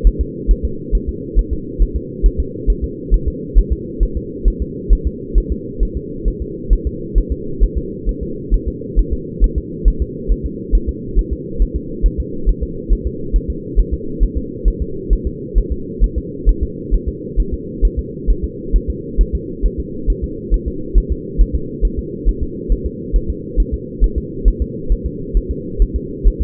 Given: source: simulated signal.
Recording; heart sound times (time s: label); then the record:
fetal heart sounds
0.07 s: S1
0.21 s: S2
0.51 s: S1
0.65 s: S2
0.95 s: S1
1.09 s: S2
1.39 s: S1
1.53 s: S2
1.82 s: S1
1.96 s: S2
2.26 s: S1
2.40 s: S2
2.70 s: S1
2.84 s: S2
3.14 s: S1
3.28 s: S2
3.58 s: S1
3.73 s: S2
4.03 s: S1
4.17 s: S2
4.48 s: S1
4.62 s: S2
4.93 s: S1
5.07 s: S2
5.38 s: S1
5.52 s: S2
5.83 s: S1
5.97 s: S2
6.28 s: S1
6.42 s: S2
6.73 s: S1
6.87 s: S2
7.18 s: S1
7.32 s: S2
7.63 s: S1
7.78 s: S2
8.09 s: S1
8.23 s: S2
8.54 s: S1
8.68 s: S2
8.99 s: S1
9.13 s: S2
9.44 s: S1
9.58 s: S2
9.88 s: S1
10.02 s: S2
10.32 s: S1
10.46 s: S2
10.75 s: S1
10.89 s: S2
11.19 s: S1
11.33 s: S2
11.62 s: S1
11.76 s: S2
12.06 s: S1
12.20 s: S2
12.49 s: S1
12.63 s: S2
12.93 s: S1
13.07 s: S2
13.36 s: S1
13.50 s: S2
13.79 s: S1
13.94 s: S2
14.23 s: S1
14.37 s: S2
14.68 s: S1
14.82 s: S2
15.13 s: S1
15.27 s: S2
15.58 s: S1
15.72 s: S2
16.04 s: S1
16.18 s: S2
16.49 s: S1
16.63 s: S2
16.94 s: S1
17.08 s: S2
17.40 s: S1
17.54 s: S2
17.85 s: S1
17.99 s: S2
18.30 s: S1
18.44 s: S2
18.76 s: S1
18.90 s: S2
19.21 s: S1
19.35 s: S2
19.66 s: S1
19.80 s: S2
20.10 s: S1
20.24 s: S2
20.54 s: S1
20.68 s: S2
20.98 s: S1
21.12 s: S2
21.41 s: S1
21.55 s: S2
21.85 s: S1
21.99 s: S2
22.29 s: S1
22.43 s: S2
22.72 s: S1
22.86 s: S2
23.16 s: S1
23.30 s: S2
23.60 s: S1
23.74 s: S2
24.04 s: S1
24.18 s: S2
24.48 s: S1
24.62 s: S2
24.92 s: S1
25.06 s: S2
25.37 s: S1
25.51 s: S2
25.82 s: S1
25.96 s: S2
26.27 s: S1
26.42 s: S2
From the record:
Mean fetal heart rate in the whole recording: 135 bpm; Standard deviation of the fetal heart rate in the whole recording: 3 bpm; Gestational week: 36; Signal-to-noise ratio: -4.3 dB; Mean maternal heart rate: 72 bpm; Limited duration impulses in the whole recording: absent